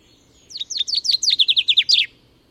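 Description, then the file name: Common chaffinch song: a rapid descending series of about a dozen crisp high notes ending in a brief flourish, the phrase lasting about one and a half seconds. "Fringilla coelebs"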